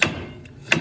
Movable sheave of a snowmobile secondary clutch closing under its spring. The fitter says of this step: and the rule of thumb to is you could hear that snap